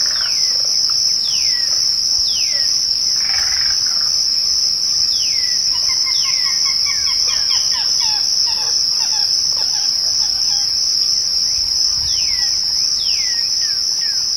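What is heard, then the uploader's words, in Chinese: Twilight birdsong: clear descending whistles and scattered chirps come every few seconds over a constant, bright, high insect drone that never lets up. 大自然的声音-暮光鸟鸣。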